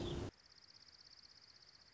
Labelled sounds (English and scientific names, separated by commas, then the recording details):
Dark-eyed Junco (Junco hyemalis)
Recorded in Sonoma County, California